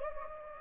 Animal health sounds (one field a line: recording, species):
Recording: mosquito wingbeat signal from an infrared sensor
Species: Anopheles gambiae